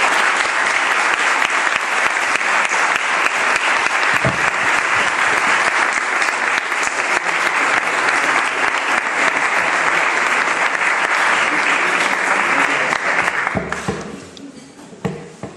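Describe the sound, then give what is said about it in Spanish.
Sustained audience applause for a priest about to give a talk on Church history, a dense crackle of many hands clapping loudly and steadily for about thirteen seconds before tapering off into a few scattered claps. “Así que por todo esto yo también le pido a ustedes un fuerte aplauso”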